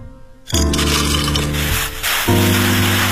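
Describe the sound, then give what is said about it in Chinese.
Ice cubes clatter and crunch as they are packed into a crinkling plastic bag to make a cold compress for a bruised, swollen eye, a dense rustling, clinking burst that shifts partway through, with a low steady hum underneath. “哎，我这有手绢，你给我拿点冰，我自己包上就行了。”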